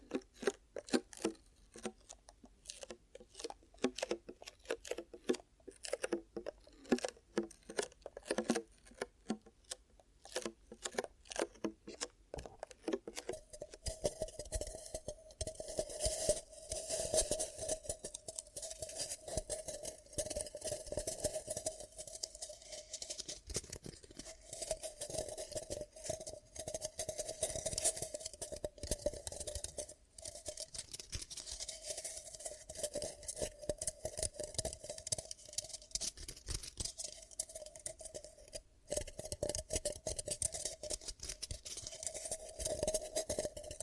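Ear cupping ASMR triggers: rapid scratchy rustling for thirteen seconds, then dense hollow cupping sounds with a steady muffled tone and frequent soft pats.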